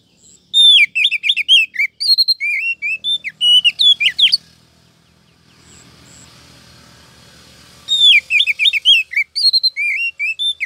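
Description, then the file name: Oriental magpie-robin calling in two bursts of quick, sharp whistled notes, with a faint low hum in the gap between them. Female calling the male, meant to make the male start singing readily. "Suara Kacer Betina Memanggil Sang Jantan Agar Cepat Gacor"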